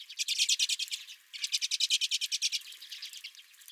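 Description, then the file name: Redpoll chatter: two fast rhythmic runs of dry, buzzy notes separated by a brief gap, the second fading out. Several redpolls at the recordist's own feeder. "Redpolls at My Feeder"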